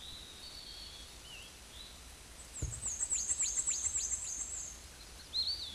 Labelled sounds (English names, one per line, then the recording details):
Black-and-white Warbler song
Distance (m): 10 m
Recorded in a Pennsylvania forest on 19 May 2023 at 12:52
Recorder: AudioMoth, point grid1_37_low
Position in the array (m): 74 m, 193 m